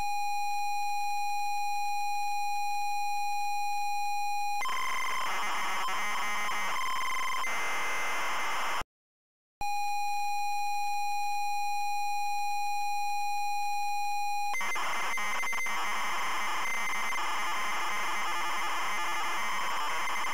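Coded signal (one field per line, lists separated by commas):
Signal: ZX Spectrum tape loading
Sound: steady high pilot tone, then harsh buzzing data, brief silence, pilot tone and data again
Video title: ZX SPECTRUM Loading Buffalo Bill's Wild West Show 1989 Micro Value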